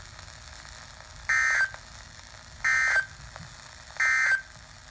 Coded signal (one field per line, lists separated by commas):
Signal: Emergency Alert System (SAME) tones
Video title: EAS doubleheader flash flood warning and severe thunderstorm warning